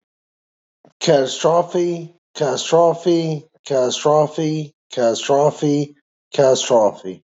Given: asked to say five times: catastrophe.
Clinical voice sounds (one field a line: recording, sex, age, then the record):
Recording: repeated word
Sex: male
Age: 40 to 49 years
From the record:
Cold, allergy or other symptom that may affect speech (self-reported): no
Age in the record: 40 years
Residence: Georgia, United States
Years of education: 18